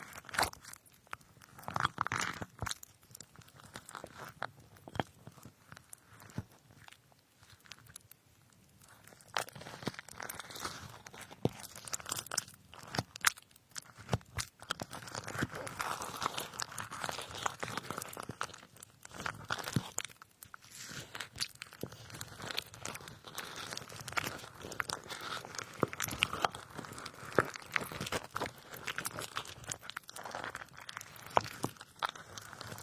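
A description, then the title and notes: Strawberries and other fruit are being cut, a dense run of short crunchy, wet clicks and snips that crowd together throughout the 33 seconds. A sparser, quieter stretch comes around 7 to 9 seconds before the cutting picks up again and stays busy to the end. Cutting fruits like strawberries.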